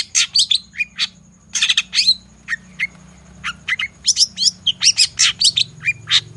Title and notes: Cendet Gacor Dor Di Kala Pagi Toet Toet Variasi Suara. Pancingan Cendet FULL Isian GACOR DOR. Burung cendet